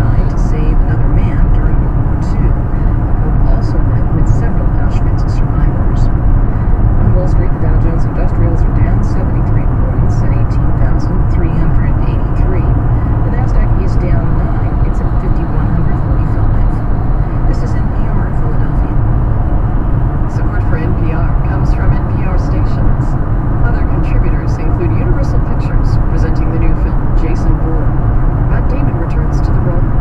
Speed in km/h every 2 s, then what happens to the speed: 103, 104, 104, 105, 106, 106, 106, 107, 109, 108, 110, 112, 112, 114, 113.
0-30 speeds up to 113.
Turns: none.